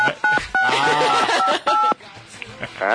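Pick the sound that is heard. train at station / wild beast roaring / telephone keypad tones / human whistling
telephone keypad tones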